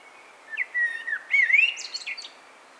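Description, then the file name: Common blackbird song with a long, level whistle, a rising warbled note and a closing burst of high, squeaky chirps. "Turdus merula"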